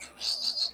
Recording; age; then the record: pig call; piglet (1 to 25 days)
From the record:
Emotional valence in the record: negative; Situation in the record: castration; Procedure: castration, cut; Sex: male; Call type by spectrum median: high-frequency call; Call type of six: mixed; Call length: 0.75 s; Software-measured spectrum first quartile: 4178 Hz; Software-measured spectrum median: 4539 Hz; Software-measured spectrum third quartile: 4936 Hz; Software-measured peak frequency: 4551 Hz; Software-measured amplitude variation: 178 dB a second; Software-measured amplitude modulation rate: 18.1 a second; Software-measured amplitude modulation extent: 9.9 dB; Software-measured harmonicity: 9.2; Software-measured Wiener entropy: -2.87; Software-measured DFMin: 703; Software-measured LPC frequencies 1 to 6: 802, 2546, 4238, 4612, 6398, 7715 Hz